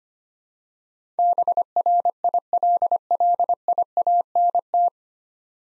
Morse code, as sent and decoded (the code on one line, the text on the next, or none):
-... .-. .. .-.. .-.. .. .- -. -
BRILLIANT